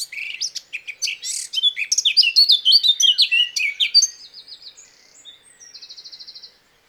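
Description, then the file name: Eurasian blackcap song with a rapid burst of bright, jumbled notes lasting four seconds, then softer buzzy trills fading out. "Sylvia atricapilla"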